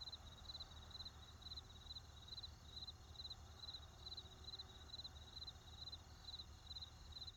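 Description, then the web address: Cricket giving quick high chirps repeated steadily, with a low road rumble running throughout. Crickets with a road and forest in the background. "Debarup Travel Films - Crickets with Road and Forest"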